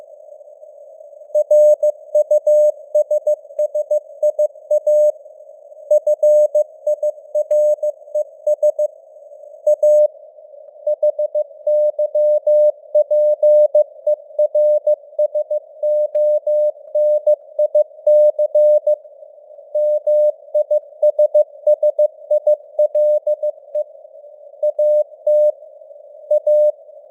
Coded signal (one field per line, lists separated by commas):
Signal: Morse code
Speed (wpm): 15 wpm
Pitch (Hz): 600 Hz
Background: none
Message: RUSSIA FIRES A HYPERSONIC MISSILE AT A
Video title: Morse Code News | 2026-01-10 | 15wpm